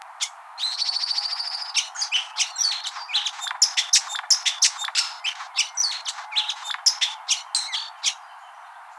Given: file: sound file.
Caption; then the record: Song of Macuiltépetl lek.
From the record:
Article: Acoustic Divergence with Gene Flow in a Lekking Hummingbird with Complex Songs